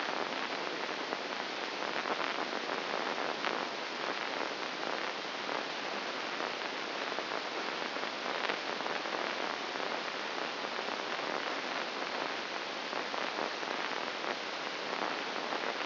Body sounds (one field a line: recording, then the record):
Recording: brain microelectrode recording played as sound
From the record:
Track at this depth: inside the subthalamic nucleus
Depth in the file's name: 5.101 mm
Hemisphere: left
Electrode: 2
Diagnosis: Parkinson's disease